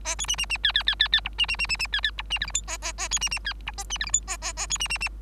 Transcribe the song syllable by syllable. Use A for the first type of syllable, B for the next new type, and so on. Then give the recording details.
A B C C C D D D D D E C C C C C D D E C F G H A A A B C C D E A C F G H A A A B C C C. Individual Bird3